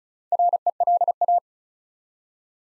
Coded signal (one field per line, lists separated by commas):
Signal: Morse code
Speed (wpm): 36 wpm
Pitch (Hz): 700 Hz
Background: none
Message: RELA